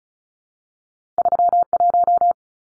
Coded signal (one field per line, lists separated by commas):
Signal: Morse code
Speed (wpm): 34 wpm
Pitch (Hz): 700 Hz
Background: none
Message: 31